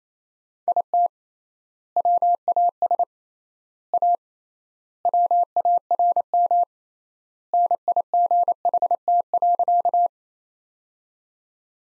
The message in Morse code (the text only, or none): IT WAS A WARM NIGHT.